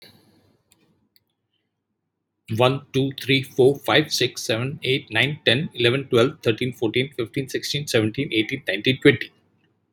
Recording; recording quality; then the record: counting at a fast pace; excellent, no background noise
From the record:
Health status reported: healthy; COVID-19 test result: not tested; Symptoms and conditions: hypertension, diabetes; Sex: male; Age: 63 years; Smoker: not ticked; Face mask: not worn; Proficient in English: yes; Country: India